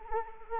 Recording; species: mosquito wingbeat signal from an infrared sensor; Anopheles arabiensis